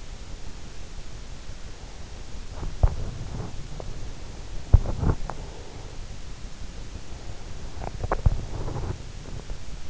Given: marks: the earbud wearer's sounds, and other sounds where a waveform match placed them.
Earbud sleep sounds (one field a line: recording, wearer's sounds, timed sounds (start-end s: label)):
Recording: sounds in sleep by an in-ear microphone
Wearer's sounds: breath, teeth grinding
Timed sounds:
0.00-2.77 s: breath
2.40-4.03 s: teeth grinding
4.29-6.07 s: breath
4.59-5.55 s: teeth grinding
6.62-9.11 s: breath
7.74-9.11 s: teeth grinding